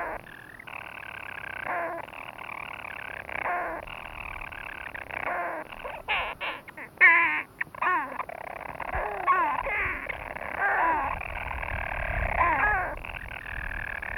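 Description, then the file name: European storm petrel purring steadily, joined midway by a cluster of harsh, broken calls before the churring carries on. "Storm Petrel (Hydrobates pelagicus)"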